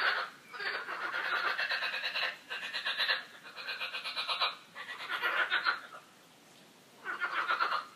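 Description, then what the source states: Frogs croaking loudly in long, rapid rattling pulse trains, several bursts back to back, then a pause and one last burst. Several frogs croaking, described as quacking, in a park.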